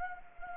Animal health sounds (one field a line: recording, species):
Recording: mosquito wingbeat signal from an infrared sensor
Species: Anopheles gambiae